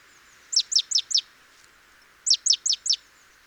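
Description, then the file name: Great tit calling twice, each time four high notes swooping downward in quick succession, over faint background hiss. "Parus major"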